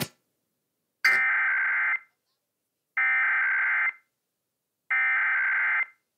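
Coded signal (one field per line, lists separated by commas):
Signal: Emergency Alert System (SAME) tones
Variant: header bursts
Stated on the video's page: Pennsylvania required monthly tests aired just after 4:15am, recorded from TV and FM broadcast stations including WSOX-FM, one via DirecTV Now DVR.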